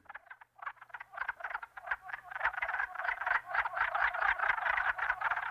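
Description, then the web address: Wood frog chorus of rapid, duck-like clacking croaks that builds from scattered notes into a steady, overlapping chatter. Eastern North America. "Dan Gibson Wildlife Identification By Sound, Eastern North America Pt 1. Wood Frog"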